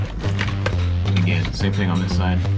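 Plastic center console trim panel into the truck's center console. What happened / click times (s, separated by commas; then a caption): The plastic trim panel snapped into place / 0.4 s, 0.7 s. A plastic center console trim panel is pushed down into the center console of a 3rd Gen Toyota Tundra, and its clips snap into place with sharp clicks at 0.4 s and 0.7 s. Someone talks over background music, and the panel ends up seated.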